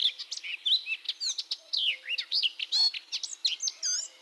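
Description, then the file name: Eurasian blackcap delivering a loud, continuous warble of sweeping, twisting whistles and rapid chattering notes throughout. "baratposzata"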